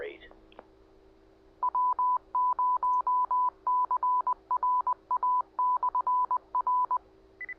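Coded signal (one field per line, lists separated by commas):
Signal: Morse code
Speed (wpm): 20 wpm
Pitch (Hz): 1000 Hz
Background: speech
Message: W0CRA/R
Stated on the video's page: Heard while tuning the HF amateur bands.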